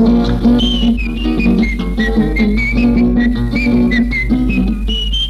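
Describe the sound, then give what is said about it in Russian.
A high, clear whistled melody, in a song about a hedgehog whistling through a hole in its side, wanders up and down over steady instrumental music with a deep bass, continuous and fairly loud for the whole stretch, with no talking. “Дыркой в боку свистел.”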